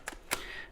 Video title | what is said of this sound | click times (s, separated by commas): (682) Mercedes W211 EIS Cloning with Xhorse Key Tool Plus | I'm going to put the key in, no click, no turning, because the key is not actually programmed to this one. | none